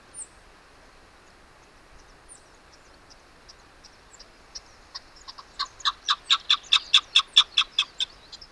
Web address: sound Chukar. صدای-کبک-چوکار